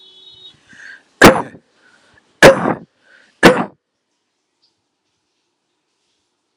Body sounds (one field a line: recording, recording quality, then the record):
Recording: heavy voluntary cough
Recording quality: moderate, slight background noise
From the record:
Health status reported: healthy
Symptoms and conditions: hypertension, diabetes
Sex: male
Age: 65 years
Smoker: not ticked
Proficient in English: yes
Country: India